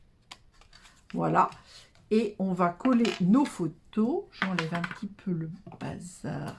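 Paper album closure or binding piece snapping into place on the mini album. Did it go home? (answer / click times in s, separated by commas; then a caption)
yes / 0.3 s. A paper closure or binding piece on a small disc-bound paper mini album, previously held in place with a paper clip, snaps shut with a single sharp click at 0.3 s, followed by a couple of faint softer taps. The piece is seated and holds well. Someone then talks.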